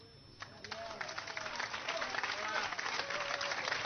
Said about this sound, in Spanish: Bueno, muchísimas gracias, que esos aplausos también se escuchen y sigan sumando fortaleza.